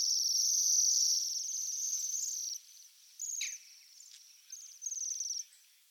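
Bohemian waxwing calls: high sibilant ringing trills, a long sustained stretch followed by three shorter bursts, with one sharp downward note.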